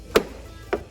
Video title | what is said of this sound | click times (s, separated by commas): Installing Evo X Spoiler on CJ Lancer 2007-2017 | all of this should go into place this side you want to push down a bit until you until it clicks because you want to get it underneath | 0.2 s, 0.7 s